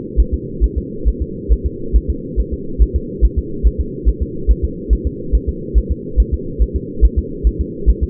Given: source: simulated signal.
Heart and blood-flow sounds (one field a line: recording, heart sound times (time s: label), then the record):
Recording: fetal heart sounds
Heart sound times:
0.20 s: S1
0.34 s: S2
0.64 s: S1
0.78 s: S2
1.08 s: S1
1.22 s: S2
1.52 s: S1
1.66 s: S2
1.96 s: S1
2.10 s: S2
2.40 s: S1
2.54 s: S2
2.82 s: S1
2.96 s: S2
3.25 s: S1
3.38 s: S2
3.67 s: S1
3.81 s: S2
4.09 s: S1
4.23 s: S2
4.51 s: S1
4.65 s: S2
4.93 s: S1
5.07 s: S2
5.35 s: S1
5.49 s: S2
5.78 s: S1
5.92 s: S2
6.20 s: S1
6.34 s: S2
6.62 s: S1
6.76 s: S2
7.05 s: S1
7.19 s: S2
7.47 s: S1
7.61 s: S2
7.89 s: S1
8.03 s: S2
From the record:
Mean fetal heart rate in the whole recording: 140 bpm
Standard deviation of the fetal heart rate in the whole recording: 2 bpm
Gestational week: 34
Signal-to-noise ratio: -4.3 dB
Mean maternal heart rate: 72 bpm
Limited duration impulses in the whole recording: absent